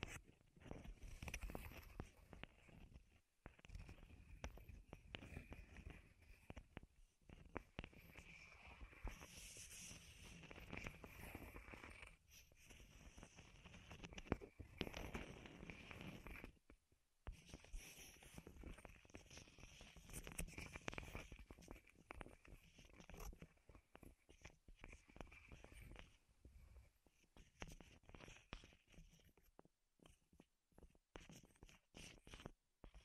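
Wooden tapping and scratching triggers run almost without pause, a dense patter of sharp clicks and knocks over a soft rustling bed. Brief silent gaps fall near 3, 7 and 17 seconds, and the sounds stay bright and crisp throughout.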